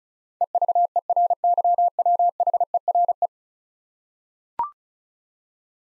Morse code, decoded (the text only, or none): EVERYWHERE